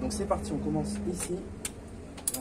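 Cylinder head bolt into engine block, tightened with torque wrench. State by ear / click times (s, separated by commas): torque reached / 2.3 s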